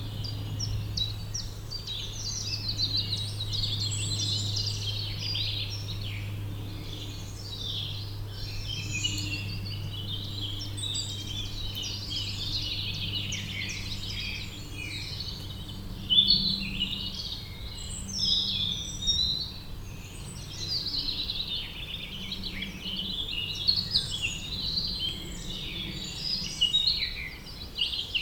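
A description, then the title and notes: Many birds chirp and twitter continuously among the trees, bright and dense, over a steady low hum that eases after about fifteen seconds. The sound comes from a forest near Hiltrup in Germany. It was a sunny and warm spring day at around 7 pm. Stereo version. The birds between trees and insects flying around.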